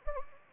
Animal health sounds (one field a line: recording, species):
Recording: mosquito wingbeat signal from an infrared sensor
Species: Anopheles gambiae